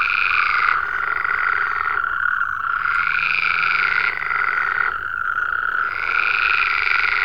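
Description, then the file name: Frogs calling together, a steady layered croaking with brighter bursts that repeatedly break off. "Digiffects Sound Effects Library - Frogs"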